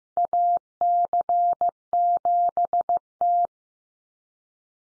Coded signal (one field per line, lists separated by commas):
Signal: Morse code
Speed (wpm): 15 wpm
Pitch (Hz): 700 Hz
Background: none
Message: AC7T